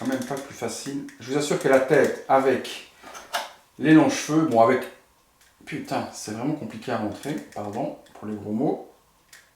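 Someone talks while struggling to push the long-haired plastic head of a Hot Toys Hulk Gladiator MMS 430 (Thor Ragnarok) action figure onto the figure's neck peg, which is very hard to get on. Brief handling noises are heard between the talking. Nothing has seated or clicked yet.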